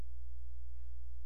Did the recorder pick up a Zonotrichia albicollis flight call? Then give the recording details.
no. No flight call is heard. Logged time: 00:02 on 16 September 2014